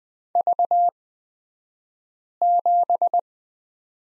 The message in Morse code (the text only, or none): V7